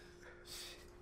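One abrupt, breathy catch of breath from an adult man with the hiccups, in a small room: a hiccup.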